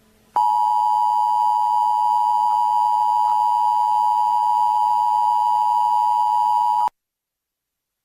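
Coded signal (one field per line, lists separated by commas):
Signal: Emergency Alert System (SAME) tones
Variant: 853 and 960 Hz attention tone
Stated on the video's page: Prank nuclear emergency alert, not a real activation.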